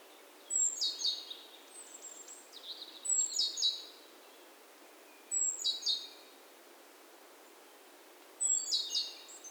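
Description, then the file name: Great tit calls in four bursts, each beginning with a thin high note then harsh buzzy chatter, spaced two to three seconds apart, quiet hiss behind. "Parus major"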